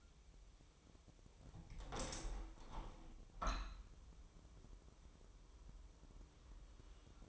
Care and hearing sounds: daily activity, microphone in the room; open window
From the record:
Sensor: 1

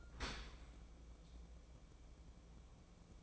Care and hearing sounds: daily activity, microphone in the room; open dishwasher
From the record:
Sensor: 1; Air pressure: 1012.4 hPa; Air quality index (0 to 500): 174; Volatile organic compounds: 3 ppm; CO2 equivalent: 1416 ppm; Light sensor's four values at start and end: 355/810/359/395 and 351/801/355/390

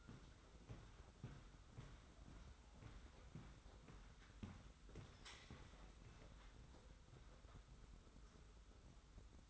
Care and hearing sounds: daily activity, microphone in the room; walk to room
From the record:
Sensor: 3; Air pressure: 991.1 hPa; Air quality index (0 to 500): 104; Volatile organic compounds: 39 ppm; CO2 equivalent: 3138 ppm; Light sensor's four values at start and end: 43/120/49/43 and 44/123/50/44

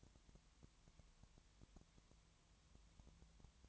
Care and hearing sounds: daily activity, microphone in the room; no activity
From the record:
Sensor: 3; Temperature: 20.5 degrees Celsius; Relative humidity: 33.0%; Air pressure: 1003.2 hPa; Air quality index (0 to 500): 105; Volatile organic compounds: 2 ppm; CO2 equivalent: 1068 ppm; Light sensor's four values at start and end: 2/3/2/2 and 2/3/2/2

